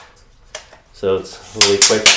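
A flip lock lever on a leg section of a Benro Aero 4 tripod is snapped closed, giving a short, sharp click at 0.6 s that clamps the leg section in place. Someone then talks.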